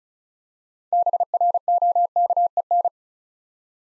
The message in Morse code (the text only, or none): BROKEN